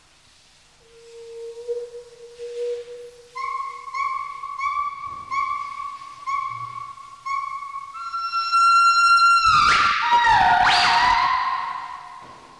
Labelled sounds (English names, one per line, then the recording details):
Northern White-cheeked Gibbon
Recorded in captivity
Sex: male
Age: adult
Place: Zoo Leipzig, Sachsen, DE
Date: 1974-12-13
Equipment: Uher 4200 Report Monitor, Verst., Sennheiser MD 421
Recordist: Tembrock, Günter